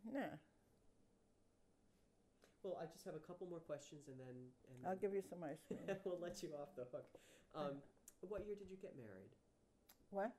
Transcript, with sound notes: Nah.
Well, I just have a couple more questions and then — and then —
I'll give you some ice cream.
[chuckles] We'll let you off the hook. What year did you get married?
What?